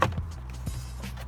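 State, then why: Not seated. A plastic dash trim panel on a 2015 Honda Civic is handled to be pushed back into its dashboard clips after the fog light switch wiring is connected. A sharp tap opens the clip, followed by soft low thumps and rustling. Nothing has seated or clicked yet.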